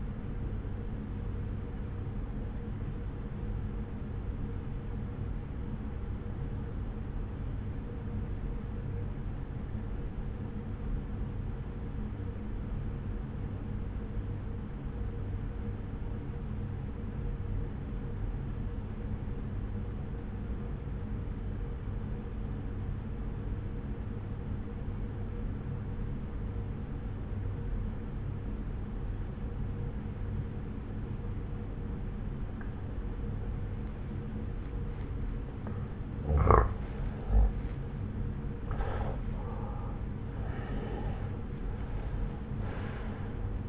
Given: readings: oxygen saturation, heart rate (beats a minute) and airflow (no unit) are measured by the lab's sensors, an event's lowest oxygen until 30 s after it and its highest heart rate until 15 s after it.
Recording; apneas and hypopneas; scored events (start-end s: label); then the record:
breathing in sleep by a smartphone at the bedside; 1
4.00-36.90 s: obstructive apnea (N1, oxygen 96% highest, then 85% lowest)
17.00-43.69 s: new sleep stage, N2 (light sleep)
From the record:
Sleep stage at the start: N1 (lightest sleep); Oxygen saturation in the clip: 84 to 96%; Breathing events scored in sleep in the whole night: 303 in 8.1 hours asleep